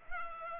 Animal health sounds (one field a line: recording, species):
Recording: mosquito wingbeat signal from an infrared sensor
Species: Culex pipiens